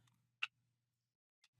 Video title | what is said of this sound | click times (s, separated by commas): Fanhome 1:8 scale Eleanor build. Issue 81 | that's nice a satisfying click that | 0.4 s